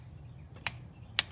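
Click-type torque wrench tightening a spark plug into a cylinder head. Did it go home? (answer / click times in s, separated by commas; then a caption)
yes / 0.7 s, 1.2 s. A preset click-type torque wrench tightens a spark plug into an engine cylinder head. After a faint low rumble, two sharp, loud clicks ring out at 0.7 s and 1.2 s. This confirms the wrench has reached its torque setting.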